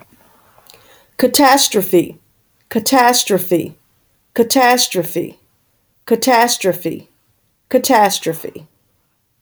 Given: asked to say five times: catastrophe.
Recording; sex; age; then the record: repeated word; female; 40 to 49 years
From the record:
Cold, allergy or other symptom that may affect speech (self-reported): no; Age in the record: 46 years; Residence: Missouri, United States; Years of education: 16